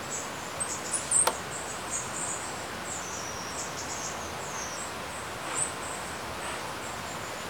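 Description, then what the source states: Birds singing: thin, high twittering notes in loose, uneven runs over a steady hiss. By a river.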